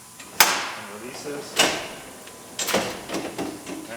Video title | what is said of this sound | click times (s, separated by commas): Dejana Katerack shelving system for Ram Promaster city 2015-2020 | measuring things on the back are for to make sure you get it all at the same level it locks in place and | 0.4 s